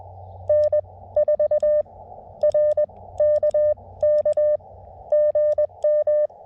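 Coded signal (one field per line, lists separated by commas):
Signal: Morse code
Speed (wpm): 21 wpm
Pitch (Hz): 590 Hz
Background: none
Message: N4RK K GM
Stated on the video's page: CW Parks on the Air activation from a state forest, calling CQ at 20 wpm, with park-to-park callers replying at 25-40 wpm.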